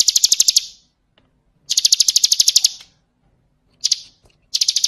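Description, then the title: Bird trilling: high, rapid buzzy pulses in several short bursts separated by brief silences. Masteran (songbird training recording), described as the most complete bird collection. "Masteran burung terlengkap"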